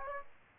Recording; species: mosquito wingbeat signal from an infrared sensor; Aedes aegypti